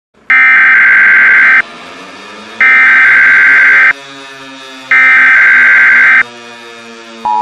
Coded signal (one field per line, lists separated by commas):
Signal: Emergency Alert System (SAME) tones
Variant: header bursts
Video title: EAS Scenario 1, Nuclear War